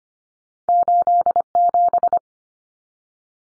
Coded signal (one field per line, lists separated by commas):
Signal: Morse code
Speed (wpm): 25 wpm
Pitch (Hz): 700 Hz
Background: none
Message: 87